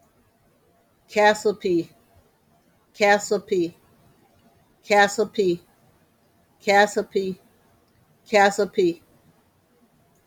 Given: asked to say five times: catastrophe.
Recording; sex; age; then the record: repeated word; female; 60 to 69 years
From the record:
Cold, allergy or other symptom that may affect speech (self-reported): no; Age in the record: 67 years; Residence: South Carolina, United States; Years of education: 14